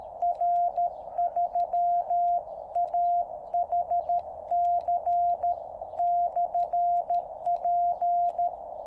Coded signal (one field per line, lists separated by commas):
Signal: Morse code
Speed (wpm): 13 wpm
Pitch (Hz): 700 Hz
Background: radio noise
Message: R3AHC/P